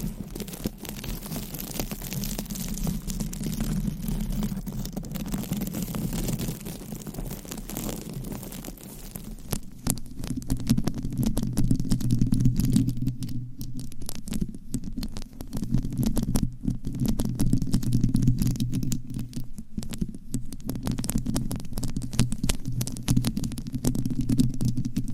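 Scratching on a microphone cover makes a dense, rough rustle that stays thick and low throughout. For the first ten seconds it is softer and muffled; after that it grows louder and coarser, with frequent sharp crackles and brief dropouts scattered across the rest.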